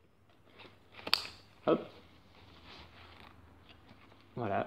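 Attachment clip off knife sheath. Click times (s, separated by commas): 1.1 s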